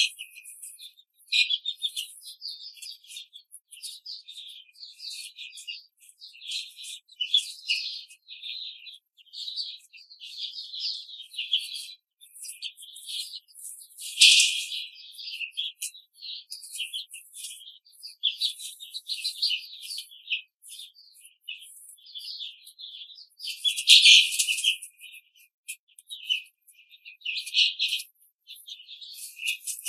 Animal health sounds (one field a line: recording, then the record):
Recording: young laying hens in a cage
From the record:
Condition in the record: control cage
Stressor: none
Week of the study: 5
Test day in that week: 1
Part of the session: 2